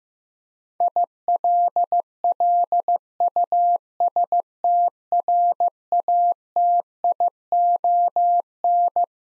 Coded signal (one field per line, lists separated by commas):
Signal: Morse code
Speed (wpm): 15 wpm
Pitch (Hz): 700 Hz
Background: none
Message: ILLUSTRATION